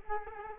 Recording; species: mosquito wingbeat signal from an infrared sensor; Culex quinquefasciatus